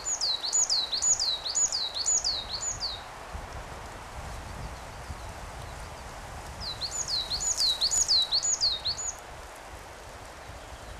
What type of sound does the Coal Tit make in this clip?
song